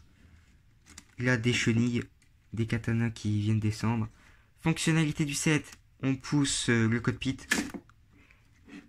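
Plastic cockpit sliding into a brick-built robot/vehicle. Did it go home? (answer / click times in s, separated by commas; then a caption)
yes / 7.9 s. Someone talks while pushing the plastic cockpit of a Ninjago building-brick robot/vehicle set all the way in to show off a feature of the set. A faint click is heard at 7.9 s as the cockpit clicks into place and is seated.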